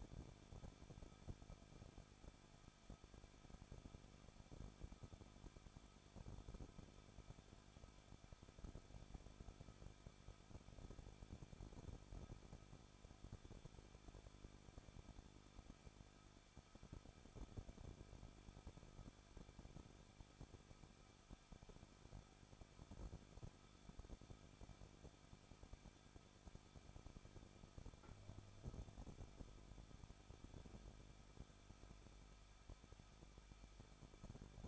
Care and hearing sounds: daily activity, microphone in the room; no activity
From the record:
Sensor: 5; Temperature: 20.7 degrees Celsius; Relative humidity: 38.3%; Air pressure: 1006.6 hPa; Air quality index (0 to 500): 186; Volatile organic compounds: 17 ppm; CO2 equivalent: 2597 ppm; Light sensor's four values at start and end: 2/3/1/1 and 2/3/1/1

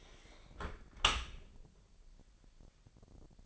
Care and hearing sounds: daily activity, microphone in the room; close dishwasher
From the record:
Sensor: 5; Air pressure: 1000.7 hPa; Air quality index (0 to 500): 247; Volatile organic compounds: 34 ppm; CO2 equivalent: 3044 ppm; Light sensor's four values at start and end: 31/71/28/27 and 31/72/29/27

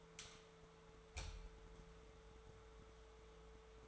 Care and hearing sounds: daily activity, microphone in the room; light on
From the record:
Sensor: 3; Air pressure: 1014.8 hPa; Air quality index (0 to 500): 192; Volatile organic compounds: 24 ppm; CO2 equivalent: 2815 ppm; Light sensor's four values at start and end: 10/26/10/10 and 13/35/14/14

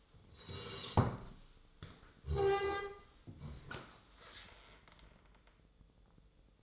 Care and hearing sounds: daily activity, microphone in the room; sit down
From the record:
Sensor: 3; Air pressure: 1005.2 hPa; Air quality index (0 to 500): 93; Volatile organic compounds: 3 ppm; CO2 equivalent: 1452 ppm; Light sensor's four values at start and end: 8/18/8/8 and 10/22/9/9

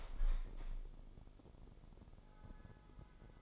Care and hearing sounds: daily activity, microphone in the room; open window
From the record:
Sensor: 5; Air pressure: 995.8 hPa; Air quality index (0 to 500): 94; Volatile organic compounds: 5 ppm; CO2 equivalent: 1787 ppm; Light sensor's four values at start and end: 40/96/39/40 and 40/97/39/41

